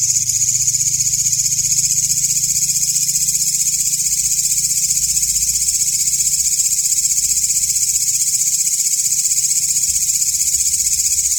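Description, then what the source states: Katydid call: a bright, high-pitched rasping drone, pulsed quickly and evenly from start to finish, with a quiet low hum below. Called walang ngapak in Indonesian.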